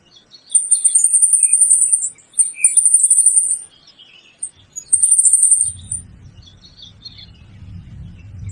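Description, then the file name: Turquoise tanager: three very high, thin, buzzy phrases with fainter twittering, then low rumbling noise. "saira de bando"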